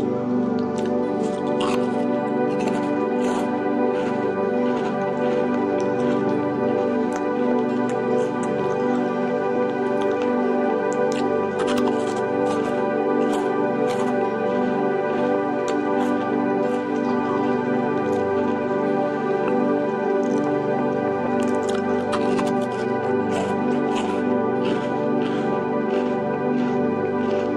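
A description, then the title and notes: Someone eats Burger Rings, with crisp little crunches and clicks popping up irregularly all through the half-minute, often several per second. Beneath them runs a steady, dense low murmur with a constant tonal hum that never changes in level. ASMR - Eating Burger Rings.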